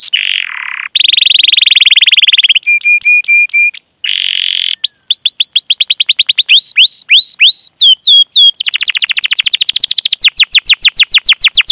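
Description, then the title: Canary song mixing buzzy rolled passages, clipped metallic note groups, and fast series of downward-sweeping whistles, very high-pitched. Canary singing actively, with the best varied phrases and richest song fill. "Kenari Gacor Cengkok Terbaik Isian Paling Mewah"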